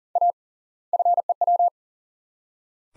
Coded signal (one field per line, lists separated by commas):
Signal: Morse code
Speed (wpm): 40 wpm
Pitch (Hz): 700 Hz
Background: none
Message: A FEW